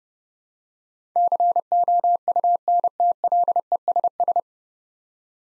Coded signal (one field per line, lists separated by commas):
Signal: Morse code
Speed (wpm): 32 wpm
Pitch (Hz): 700 Hz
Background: none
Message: COUNTLESS